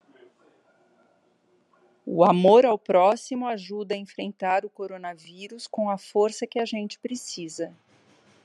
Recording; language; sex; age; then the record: spoken sentence; Brazilian Portuguese; female; 50 to 59 years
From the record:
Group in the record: control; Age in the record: 51 years